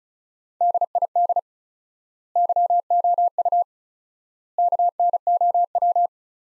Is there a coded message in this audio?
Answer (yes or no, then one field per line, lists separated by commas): yes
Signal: Morse code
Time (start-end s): 0.6-6.1 s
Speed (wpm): 36 wpm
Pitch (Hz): 700 Hz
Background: none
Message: DID YOU KNOW